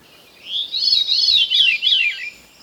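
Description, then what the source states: Veery song: a series of fluting, wavering phrases that spiral downward, running for about two seconds. Descending spiral song; evening, Finger Lakes country, central New York, 1958.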